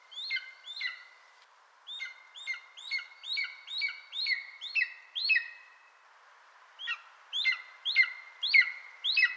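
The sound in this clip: Bird calls: nasal, harmonic notes, each with a quick downward slur, given in rapid runs of about two per second with brief pauses between bursts.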